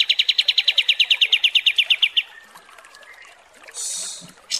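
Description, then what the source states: Kapas tembak song: a steady, rapid trill of clear repeated notes for about two seconds, then quiet, followed by a short hissing noise. Masteran song used for training birds; 'mewah' (luxurious) kapas tembak.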